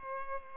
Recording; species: mosquito wingbeat signal from an infrared sensor; Culex pipiens